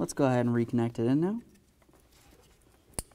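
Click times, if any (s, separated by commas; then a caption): 3.0 s. Someone talks, then a plastic electrical connector on the wiring harness of a 2007-17 Ford Expedition is pushed onto the new camshaft position sensor. It latches with a single sharp click at 3.0 s, and the connector is seated.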